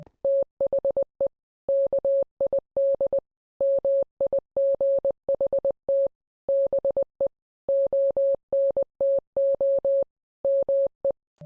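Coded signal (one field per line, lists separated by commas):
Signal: Morse code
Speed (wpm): 20 wpm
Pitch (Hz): 550 Hz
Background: none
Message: THE KID MIGHT BE ONTO ME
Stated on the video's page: Fictional Minecraft Let's Play with hidden cryptic messages and ciphers.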